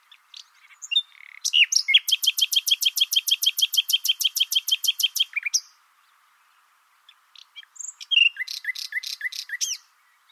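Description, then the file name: Common nightingale delivering a long, rapid, even run of loud repeated notes for about four seconds, a pause, then a shorter chattering phrase of repeated notes. "Luscinia megarhynchos"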